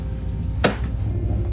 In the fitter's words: locks into place Tak